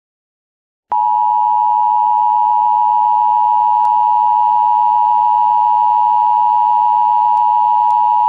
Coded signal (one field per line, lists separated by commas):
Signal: Emergency Alert System (SAME) tones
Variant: 853 and 960 Hz attention tone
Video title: EAS Scenario - Transportation System Attack